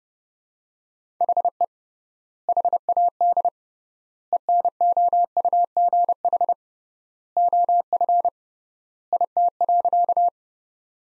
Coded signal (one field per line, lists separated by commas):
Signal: Morse code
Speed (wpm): 30 wpm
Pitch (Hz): 700 Hz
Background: none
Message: HE HAD ENOUGH OF IT.